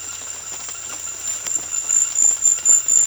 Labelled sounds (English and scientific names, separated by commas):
none